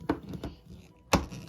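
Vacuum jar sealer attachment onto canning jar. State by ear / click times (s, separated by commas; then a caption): seated / 1.1 s. A vacuum jar-sealer attachment is pressed down over a reused metal canning lid on a glass jar; the lid has a small mark from an earlier opening but was never broken through. A few light taps and knocks at about 0.1, 0.3 and 0.4 s are followed by a sharp, loud snap at 1.1 s as the attachment seats onto the jar.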